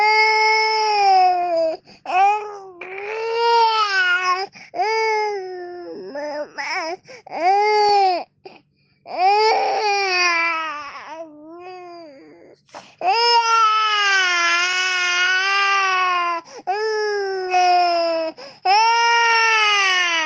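High-pitched, rhythmic infant crying in long wailing bursts separated by short gasping breaths; a baby's cry.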